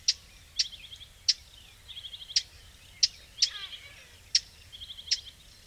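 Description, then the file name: Eurasian blackcap sharp tac calls, about eight hard clicks, interspersed with soft buzzy trills and a brief descending series of notes. "Sylvia atricapilla"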